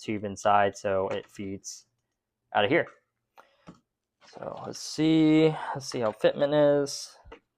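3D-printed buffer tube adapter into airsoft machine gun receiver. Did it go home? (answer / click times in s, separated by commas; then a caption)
no / none. A 3D-printed plastic M4 buffer tube adapter is handled at the back of a Cybergun Minimi M249 airsoft machine gun receiver to check its fitment while someone talks. Only faint short handling taps are heard, and nothing has seated or clicked yet.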